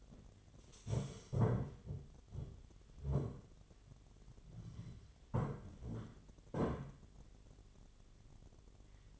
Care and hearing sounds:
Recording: daily activity, microphone in the room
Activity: stand up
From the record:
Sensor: 4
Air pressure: 1008.6 hPa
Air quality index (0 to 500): 170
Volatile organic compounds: 5 ppm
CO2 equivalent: 1712 ppm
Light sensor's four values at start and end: 23/72/27/26 and 23/72/27/26

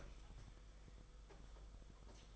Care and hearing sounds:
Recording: daily activity, microphone in the room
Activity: open fridge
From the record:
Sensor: 5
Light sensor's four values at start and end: 36/113/43/46 and 37/113/43/46

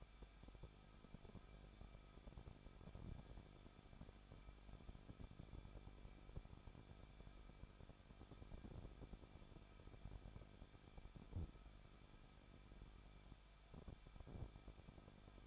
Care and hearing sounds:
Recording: daily activity, microphone in the room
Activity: no activity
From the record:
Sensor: 5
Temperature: 20.8 degrees Celsius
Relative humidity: 38.2%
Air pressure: 1006.7 hPa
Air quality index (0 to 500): 184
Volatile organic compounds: 17 ppm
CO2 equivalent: 2578 ppm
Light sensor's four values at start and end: 2/3/1/1 and 2/3/1/1

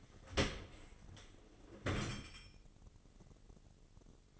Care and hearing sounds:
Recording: daily activity, microphone in the room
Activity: open dishwasher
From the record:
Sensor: 4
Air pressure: 996.5 hPa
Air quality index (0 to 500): 88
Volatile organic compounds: 4 ppm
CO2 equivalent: 1700 ppm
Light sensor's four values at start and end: 19/52/20/22 and 19/52/20/22

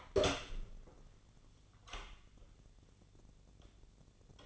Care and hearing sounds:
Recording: daily activity, microphone in the room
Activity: open door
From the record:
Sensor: 4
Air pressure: 1010.0 hPa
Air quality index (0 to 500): 192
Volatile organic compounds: 3 ppm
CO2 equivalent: 1379 ppm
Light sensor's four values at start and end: 34/83/34/36 and 32/77/32/33

